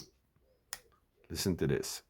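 The 2-inch steel pen blade of a Rough Ryder Half Hawk Glow RR2494 slip-joint folding pocket knife with a backspring is worked by hand. A brief sharp tick sounds at 0.7 s, then someone talks. Nothing has snapped into place against the backspring or seated yet.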